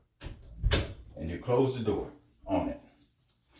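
The round end of a resistance band door anchor is tucked behind a door, and the door is closed on it. The door latch catches into the frame with a sharp click at 0.7 s, seating the anchor. Someone talks throughout.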